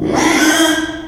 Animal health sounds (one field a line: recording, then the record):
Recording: squeal of a Yucatan mini pig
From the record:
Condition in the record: after surgery on the right vocal fold (resection and tissue-engineered implant)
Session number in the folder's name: 3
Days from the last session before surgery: 33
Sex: male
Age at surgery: 12 weeks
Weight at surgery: 13 kg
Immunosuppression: cyclosporine, prednisolone